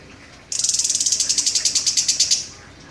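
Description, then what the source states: Orange-headed thrush song phrase: a high, dry buzzing rattle of closely spaced pulses lasting about two seconds, then quiet background. Known locally as anis kembang, described as gacor, a vigorously singing bird.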